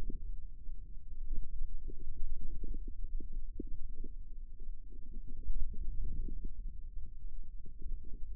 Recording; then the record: forearm muscle sounds (acoustic myography)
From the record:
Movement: ulnar deviation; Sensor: system 2, bracelet of six BSWA MPA416 microphones around the upper forearm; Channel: 1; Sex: female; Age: 25 years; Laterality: right